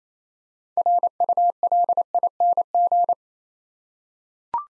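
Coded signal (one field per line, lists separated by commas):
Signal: Morse code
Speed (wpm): 28 wpm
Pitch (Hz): 700 Hz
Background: none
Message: RULING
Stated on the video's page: Morse practice: six-letter words sent at 28 wpm, each word sent twice; other speeds from 15 to 25 wpm also offered.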